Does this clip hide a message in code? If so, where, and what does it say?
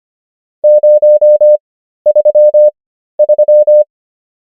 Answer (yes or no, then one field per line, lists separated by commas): yes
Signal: Morse code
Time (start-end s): 0.6-3.8 s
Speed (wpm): 25 wpm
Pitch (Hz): 600 Hz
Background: none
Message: 033